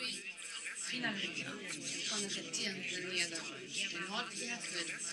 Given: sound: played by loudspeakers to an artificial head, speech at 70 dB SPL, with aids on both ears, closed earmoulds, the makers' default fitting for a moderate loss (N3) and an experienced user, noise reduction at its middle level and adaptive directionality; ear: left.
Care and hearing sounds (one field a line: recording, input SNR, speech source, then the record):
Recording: speech test signal (ISTS) in cocktail-party noise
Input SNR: 0 dB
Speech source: on the right (90 degrees)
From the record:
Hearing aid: class 1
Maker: J